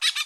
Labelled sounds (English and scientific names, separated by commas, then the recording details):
Brown-throated Parakeet (Eupsittula pertinax) contact call
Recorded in Curacao
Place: Road to Santa Cruz
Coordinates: 12.305, -69.141